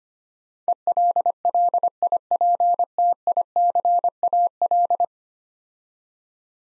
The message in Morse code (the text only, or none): ELLIPTICAL